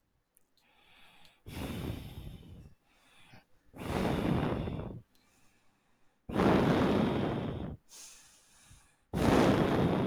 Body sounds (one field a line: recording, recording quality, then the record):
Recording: shallow breathing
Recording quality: excellent, no background noise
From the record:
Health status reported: healthy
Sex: female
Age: 43 years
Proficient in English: yes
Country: India